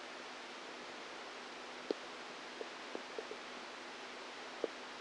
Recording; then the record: brain microelectrode recording played as sound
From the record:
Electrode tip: outside the subthalamic nucleus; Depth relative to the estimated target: 2 mm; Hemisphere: right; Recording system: NeuroSet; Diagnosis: Parkinson's disease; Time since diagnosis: 10 years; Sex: female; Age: 45 years